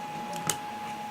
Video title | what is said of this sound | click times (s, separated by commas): Is it worth the wait??? - $349 Prusa Mini is here! | Okay, clicked into place. | 0.5 s